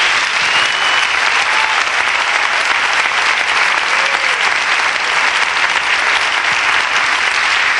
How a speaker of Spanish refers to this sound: ¿Lo cree usted? ¿Lo cree? Démosle palmas fuertes.